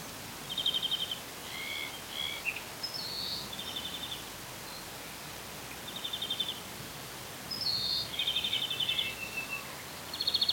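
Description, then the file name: European greenfinch giving quick trills and short rising twitters, scattered in bursts throughout, with a steady background hiss. "Chloris chloris"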